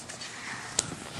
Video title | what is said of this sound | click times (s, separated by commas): How to Throw a Birthday Party - Martha Stewart's Best Party Ideas | You have to hear it click. | 0.8 s